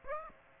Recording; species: mosquito wingbeat signal from an infrared sensor; Aedes aegypti